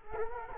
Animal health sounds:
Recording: mosquito wingbeat signal from an infrared sensor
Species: Culex quinquefasciatus

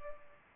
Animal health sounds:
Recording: mosquito wingbeat signal from an infrared sensor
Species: Culex pipiens

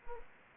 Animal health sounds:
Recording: mosquito wingbeat signal from an infrared sensor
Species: Anopheles gambiae

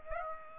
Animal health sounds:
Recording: mosquito wingbeat signal from an infrared sensor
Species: Aedes aegypti

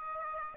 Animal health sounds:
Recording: mosquito wingbeat signal from an infrared sensor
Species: Aedes aegypti

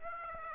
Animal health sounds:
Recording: mosquito wingbeat signal from an infrared sensor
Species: Aedes aegypti

